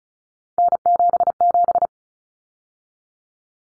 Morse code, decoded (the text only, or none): N77